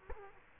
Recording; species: mosquito wingbeat signal from an infrared sensor; Culex quinquefasciatus